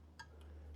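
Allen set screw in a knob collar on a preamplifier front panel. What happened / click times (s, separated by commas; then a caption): A small screw's socket slips instead of tightening / 0.2 s. An Allen key works the small set screws in the metal knob collar on the front panel of a vintage Harman Kardon Citation Eleven preamplifier, with a sharp metallic click at 0.2 s and a fainter tick around 0.4 s over a steady low hum. The first screw tightens fine, but the second one's hex socket is stripped, so the key spins freely and the screw does not tighten.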